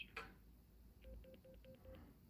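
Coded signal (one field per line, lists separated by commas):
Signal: none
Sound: answering machine playback beeps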